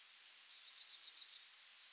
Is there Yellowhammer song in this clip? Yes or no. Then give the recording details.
yes. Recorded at under 5 m from the bird. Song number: 159